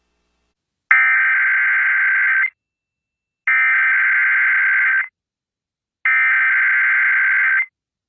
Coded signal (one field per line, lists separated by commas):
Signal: Emergency Alert System (SAME) tones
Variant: header bursts